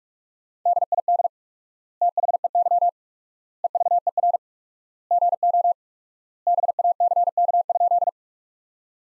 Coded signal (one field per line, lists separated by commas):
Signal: Morse code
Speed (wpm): 43 wpm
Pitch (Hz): 700 Hz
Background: none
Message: DID THEY EVER GO BACK?